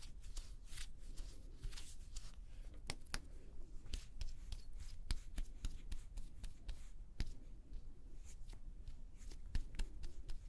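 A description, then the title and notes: Someone doing their makeup: a steady run of soft brushing and rustling taps fills the clip, with sharp clicks, like compacts or cases snapping, at around 3, 4, 5, 7 and 9.5 seconds. A low rumble sits underneath throughout. Doing Your Makeup ASMR No Talking.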